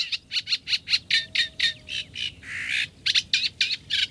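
Eurasian reed warbler song: harsh, chattering notes in rapid series, broken by a short buzzy churr midway before the steady rhythm resumes.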